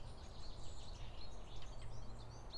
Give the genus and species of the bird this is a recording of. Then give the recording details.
Fringilla coelebs. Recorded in Germany. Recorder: ecoPi